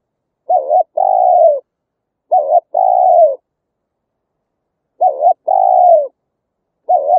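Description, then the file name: Spotted dove calls in pairs: a short wavering note followed by a longer, slightly falling hoot, repeated with short pauses between pairs. "tieng cu gay"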